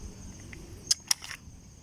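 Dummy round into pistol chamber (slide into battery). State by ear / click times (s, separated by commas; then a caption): partly seated / 0.9 s, 1.1 s. A dummy snap-cap round is fed from the magazine into the chamber of a Sig P365 pistol, giving two sharp metallic snaps at 0.9 s and 1.1 s, with fainter ticks around 0.5 s and 1.2–1.3 s. The round goes in but not all the way, leaving the slide short of full battery.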